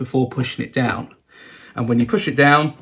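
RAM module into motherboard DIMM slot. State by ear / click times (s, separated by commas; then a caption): not seated / none. A RAM memory module is hooked into one end of a motherboard DIMM slot and pushed down toward its two retention latches while someone talks. Nothing has seated or clicked yet; the clip ends before the module goes home.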